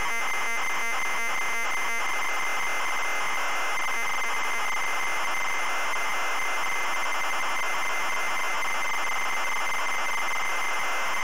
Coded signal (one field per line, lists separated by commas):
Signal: ZX Spectrum tape loading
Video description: today we're loading the ZX Spectrum game, Angry Birds!